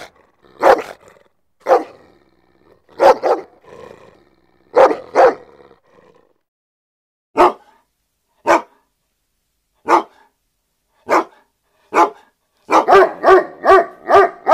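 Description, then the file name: German Shepherd: dog barking, single and paired barks spaced out, ending in a quick burst of several barks in a row. "Tieng cho becgie sua"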